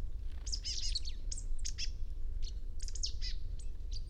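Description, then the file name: Marsh tit calling, a rapid series of sharp, high downslurred chirps in clusters, over a steady low rumble of background noise. "Poecile palustris"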